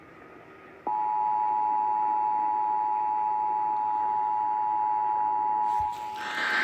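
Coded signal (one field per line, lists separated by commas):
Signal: Emergency Alert System (SAME) tones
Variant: 853 and 960 Hz attention tone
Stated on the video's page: Iowa Required Monthly Test originated from an AM station and relayed on all Iowa radio and TV stations.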